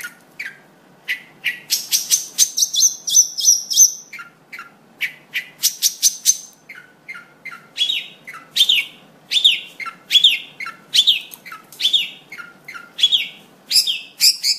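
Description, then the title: Long-tailed shrike song: a rapid medley of scratchy notes and short chips, with a thin high whistled trill early on, then a quick series of repeated slurred notes. Combination song style (kicau kombinasi). "Kicau Pentet Kombinasi"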